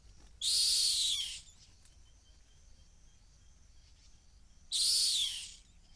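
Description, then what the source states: Rock hyrax calls: two harsh, shrill screeches about a second long each, spaced roughly four seconds apart, over quiet background hiss. Single rock hyrax calling from the edge of a gorge in the Masai Mara.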